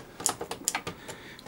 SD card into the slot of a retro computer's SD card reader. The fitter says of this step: clicks in place nicely,